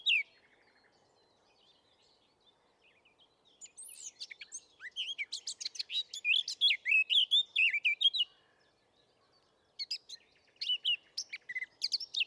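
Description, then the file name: Eurasian blackcap song: a brief high note, then a fast jumble of twittering and fluty slurs, with a further burst near the end. "Sylvia atricapilla"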